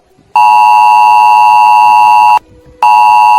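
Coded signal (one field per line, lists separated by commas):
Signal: Emergency Alert System (SAME) tones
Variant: 853 and 960 Hz attention tone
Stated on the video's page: Real EAS SAME alerts relayed by NOAA weather radio and FM broadcast stations during severe thunderstorms and tornadoes across Missouri and Illinois.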